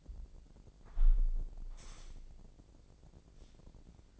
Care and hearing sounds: daily activity, microphone in the room; close window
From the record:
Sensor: 5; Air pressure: 1012.3 hPa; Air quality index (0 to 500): 159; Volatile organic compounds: 2 ppm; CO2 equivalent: 1080 ppm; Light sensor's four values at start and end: 70/168/69/74 and 70/169/69/74

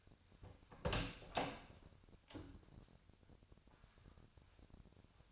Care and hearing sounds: daily activity, microphone in the room; open door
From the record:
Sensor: 2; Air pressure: 1007.2 hPa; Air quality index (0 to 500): 188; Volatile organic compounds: 11 ppm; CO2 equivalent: 2311 ppm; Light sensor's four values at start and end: 10/23/10/10 and 10/24/10/10

